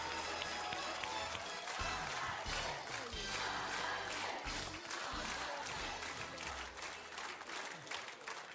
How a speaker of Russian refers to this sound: Но я вас поздравляю, эти аплодисменты вам.